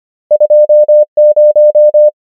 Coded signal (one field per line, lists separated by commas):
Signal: Morse code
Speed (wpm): 25 wpm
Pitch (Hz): 600 Hz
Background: none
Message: 2 0